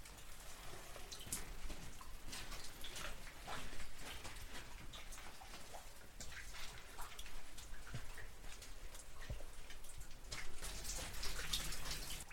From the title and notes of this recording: Sheltering in a long barrow during a storm. We're high on the Wessex Downs. A long barrow broods on a lonely ridge – a tomb that has stood here for 5000 years. Caught in a storm while walking the Ridgeway, you are forced to shelter in the barrow's entrance, listening to the raindrops falling from the ancient stones. Recorded by Fergus Collins.